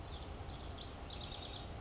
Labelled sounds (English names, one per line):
House Wren